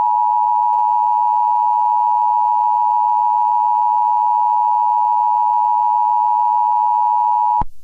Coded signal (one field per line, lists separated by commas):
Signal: Emergency Alert System (SAME) tones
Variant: 853 and 960 Hz attention tone